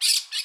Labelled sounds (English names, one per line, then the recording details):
Brown-throated Parakeet contact call
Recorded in Curacao
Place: Hoffi Jan Thiel
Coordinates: 12.094, -68.877